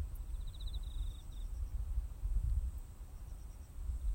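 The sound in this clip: Cricket gives a quick pulsed trill over low rumbling noise.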